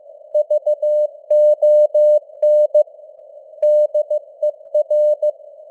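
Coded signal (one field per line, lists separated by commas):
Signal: Morse code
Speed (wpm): 15 wpm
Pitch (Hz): 600 Hz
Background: none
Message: VON DER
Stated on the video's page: News headlines sent in Morse at 15 wpm with simulated radio noise and varying signal strength (QSB).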